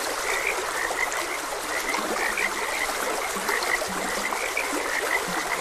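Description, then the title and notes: High frog croaks repeat rapidly from many callers, mixed with a few low, drawn-out croaks, over a background of running water. Frogs croaking beside a gentle stream, presented as calming nature ambience. "Gentle Stream and Frogs Croaking - Calming Sounds of Nature. Sleep and Relaxation Podcast"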